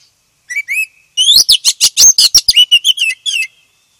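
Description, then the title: Oriental magpie-robin singing a few whistled notes, then a rapid, loud series of sharp whistled and chattering notes. "KACER HITAM"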